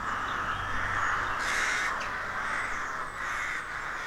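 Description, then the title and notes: Rooks cawing densely in a colony, steady harsh chorus with a brief burst of noise midway and a low hum early on. Colony of more than 300 rooks nesting in a dozen roadside trees, deeply rural County Armagh, early spring; pairs greeting, squabbling with neighbours as first chicks hatch. "Sound Escape 113: Enjoy the stirring cacophony of a rook colony. We wandering in deeply rural County Armagh. It's early spring and the rooks rule the woodlands. BBC Countryfile Magazine's Sound Escapes"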